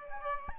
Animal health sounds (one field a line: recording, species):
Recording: mosquito wingbeat signal from an infrared sensor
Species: Aedes albopictus